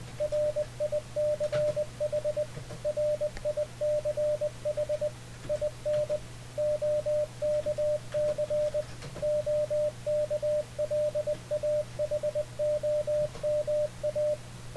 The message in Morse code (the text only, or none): RICH RICH IN OKC OKLAHOMA